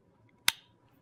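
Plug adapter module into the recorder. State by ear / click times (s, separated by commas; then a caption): seated / 0.5 s. A different connection module is lined up and snapped into the recorder. A single loud, sharp click lands at 0.5 s with a brief bright ring-off, over a faint low background. The module seats in place.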